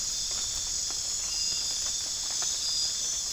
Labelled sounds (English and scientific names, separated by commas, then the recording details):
none
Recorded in pastures near Puerto Asís, Putumayo, Colombia, on 25 June 2025 at 02:00
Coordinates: 0.466, -76.322
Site GP07